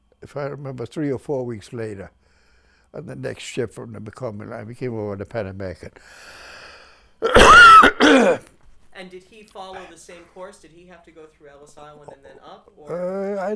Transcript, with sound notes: if I remember three or four weeks later. On the next ship from the McCormick Line, he came over on the Panamerican. (he coughs)
And then did he follow the same course? Did he have to go through Ellis Island and then up, or...